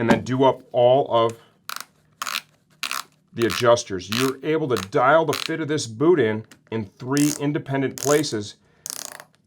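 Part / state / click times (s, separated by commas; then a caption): ratchet adjuster on a motorcycle boot / seated / 8.9 s, 9.0 s, 9.2 s, 9.3 s. Someone talks while tightening the plastic shin/calf ratchet adjuster on a Sidi Rex motorcycle boot with fine little movements. Short ratchet clicks are heard at 8.9, 9.0, 9.2 and 9.4 seconds, each one the pawl dropping into the next notch as the adjuster seats tighter.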